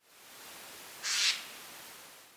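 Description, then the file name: Eurasian jay uttering one harsh, rasping screech lasting about a third of a second, set against a steady soft hiss. "Garrulus glandarius"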